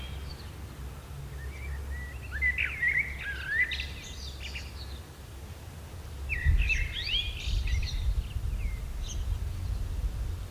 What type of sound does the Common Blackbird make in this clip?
song